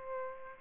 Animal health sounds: mosquito wingbeat signal from an infrared sensor; Aedes aegypti

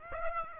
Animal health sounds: mosquito wingbeat signal from an infrared sensor; Aedes aegypti

